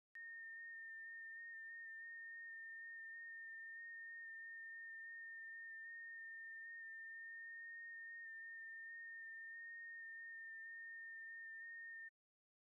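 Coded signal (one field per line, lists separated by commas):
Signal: FT8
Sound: a single steady whistle-like tone with subtle pitch wobbles, lasting about 12 seconds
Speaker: Let's see if we can complete a QSO with him on 6 meters uh 50.313 right now.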